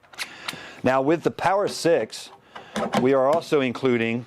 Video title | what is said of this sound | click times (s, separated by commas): Unboxing the Maxi-Miser by ApolloSpray POWER-6 VS Automotive Package | the end of your spray gun so make sure you push the connector on and make sure it clicks into place if it hasn't clicked into place then it's not uh properly attached to the spray | 0.5 s